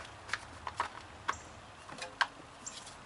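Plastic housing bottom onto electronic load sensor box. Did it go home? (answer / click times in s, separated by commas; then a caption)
no / none. The plastic bottom of a Honda electronic load sensor box's housing is handled and pressed back toward it, giving a few short, sharp plastic taps and knocks over quiet background noise, the loudest near 2.2 s. Nothing has seated or clicked yet.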